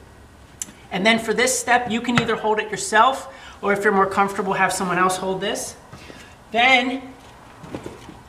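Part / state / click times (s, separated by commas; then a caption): vehicle seat belt retractor (lap belt pulled to full extension) / seated / 0.6 s. A vehicle seat belt retractor gives a single sharp click at 0.6 s as the lap belt is pulled all the way out to full extension while fitting a Graco Extend2Fit 3-in-1 child car seat. The click switches the retractor into locking mode. Afterward someone talks.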